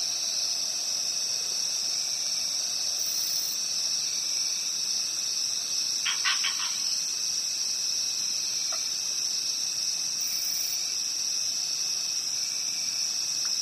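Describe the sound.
Continuous shrill cricket trilling, with a quick run of pulsed lower notes near the middle and a faint chirp later.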